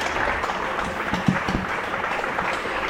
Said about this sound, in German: Und so langsam nimmt die Nachbarschaft teil am Applaus für die Angestellten und Bediensteten in den Krankenhäusern, Ärzte, Ärztinnen, Krankenschwestern, Krankenpfleger, Krankentransportfahrerinnen.